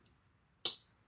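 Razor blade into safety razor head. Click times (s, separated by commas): 0.7 s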